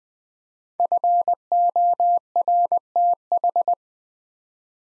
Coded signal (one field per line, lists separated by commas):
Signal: Morse code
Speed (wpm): 20 wpm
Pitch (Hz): 700 Hz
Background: none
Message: FORTH